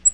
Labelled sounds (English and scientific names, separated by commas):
Black-throated Green Warbler (Setophaga virens) flight call